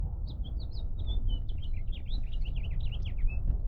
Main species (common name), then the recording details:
House Finch. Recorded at Lawrence on Long Island, New York, on 4 June 1975. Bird D